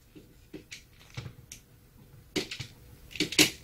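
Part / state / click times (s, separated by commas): curtain rail into wall-mounted bracket / not seated / none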